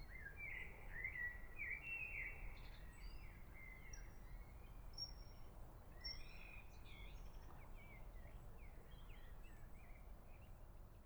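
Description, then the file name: Eurasian otter giving a string of high, wavering whistles, loudest early on, then softer twisting notes, with brief sharp chirps and a low steady rumble. Whistle calls given while swimming. "European Otter Whistle Calls While Swimming"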